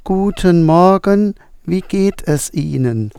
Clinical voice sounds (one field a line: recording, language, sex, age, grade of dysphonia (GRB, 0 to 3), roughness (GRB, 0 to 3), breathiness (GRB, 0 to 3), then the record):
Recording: spoken sentence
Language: German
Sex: male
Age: 60 to 69 years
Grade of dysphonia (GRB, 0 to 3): 0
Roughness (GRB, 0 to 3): 0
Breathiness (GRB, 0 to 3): 0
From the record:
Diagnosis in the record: hyperfunctional dysphonia, diplophonia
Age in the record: 62 years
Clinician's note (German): Ausgeprägt mit Phonationsverdickung